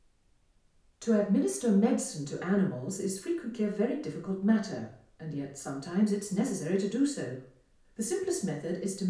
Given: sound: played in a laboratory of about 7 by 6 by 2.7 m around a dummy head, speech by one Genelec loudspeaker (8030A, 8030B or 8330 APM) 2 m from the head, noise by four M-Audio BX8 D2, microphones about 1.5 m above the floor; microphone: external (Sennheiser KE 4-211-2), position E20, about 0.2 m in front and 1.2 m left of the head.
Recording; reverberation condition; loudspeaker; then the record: female speech in English; medium; behind (180 degrees)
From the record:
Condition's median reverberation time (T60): about 510 ms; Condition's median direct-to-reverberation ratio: about -0.5 dB